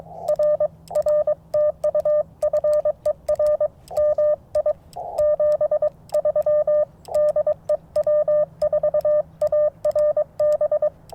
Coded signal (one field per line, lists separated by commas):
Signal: Morse code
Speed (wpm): 22 wpm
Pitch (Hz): 590 Hz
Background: radio noise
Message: R R TU FER MI 73 DE W4ARB